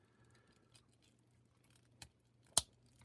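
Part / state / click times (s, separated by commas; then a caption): soft plastic accessory piece onto a 1:12 action figure / seated / 2.6 s. A soft plastic accessory piece is worked back onto a Boss Fight Studio 1:12 Epic H.A.C.K.S. Red Sonja action figure, handled with care because the softer pieces might slip or tear. A few faint handling ticks lead to a sharp snap at 2.6 s as the piece pops into place and seats.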